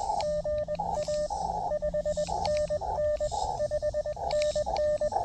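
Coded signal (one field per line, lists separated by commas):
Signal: Morse code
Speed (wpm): 21 wpm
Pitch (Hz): 590 Hz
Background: radio noise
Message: GA 5NN 5NN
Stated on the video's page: Morse from a POTA park activation at a state historic site.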